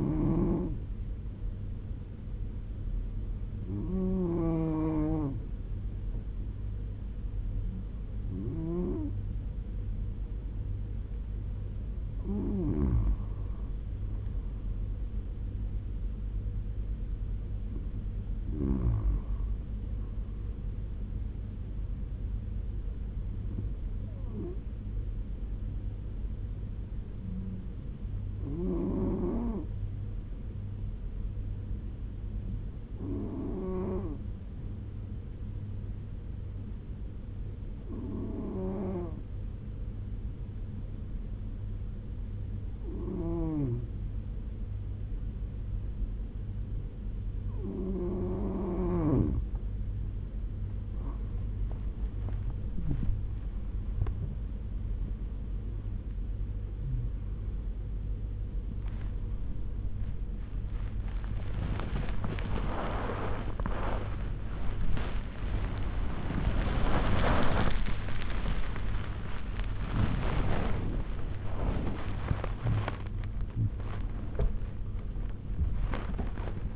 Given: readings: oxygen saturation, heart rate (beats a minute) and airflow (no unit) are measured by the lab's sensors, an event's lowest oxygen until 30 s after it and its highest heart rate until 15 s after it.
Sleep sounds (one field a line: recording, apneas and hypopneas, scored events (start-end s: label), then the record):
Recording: breathing in sleep by a smartphone at the bedside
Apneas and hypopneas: 1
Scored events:
27.00-57.00 s: new sleep stage, N2 (light sleep)
29.00-49.90 s: hypopnea (N2, oxygen 97% highest, then 92% lowest, heart rate 72 at the start, 91 highest)
57.00-76.76 s: new sleep stage, awake
62.00-76.76 s: awake
From the record:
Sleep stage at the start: N1 (lightest sleep)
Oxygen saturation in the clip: 92 to 97%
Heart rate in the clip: 72 to 107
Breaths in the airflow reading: 16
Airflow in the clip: -11.2 to 14.4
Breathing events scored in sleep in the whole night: 201 in 6.5 hours asleep